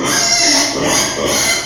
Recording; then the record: squeal of a Yucatan mini pig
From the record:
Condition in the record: before surgery on the right vocal fold (resection and tissue-engineered implant); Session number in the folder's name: 2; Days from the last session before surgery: 0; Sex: male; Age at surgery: 12 weeks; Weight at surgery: 13 kg